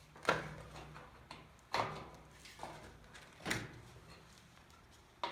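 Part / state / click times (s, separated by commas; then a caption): grill bottom foot piece into the grill frame holes / seated / 5.2 s. A bottom foot piece for a Walmart 4-burner Backyard Grill is pushed onto the metal grill frame so its two tabs snap into two holes. Sharp knocks and handling thuds come at about 0.3, 1.7 and 3.5 seconds, then a loud click at 5.2 seconds as the tabs seat and the foot is locked in place.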